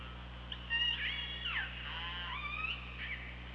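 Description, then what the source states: Killer whale calls, overlapping whistled tones and falling sweeps, some rising at the end, with a constant low hum. Recorded by OrcaLab hydrophone on 24 August 2017 at 15:21.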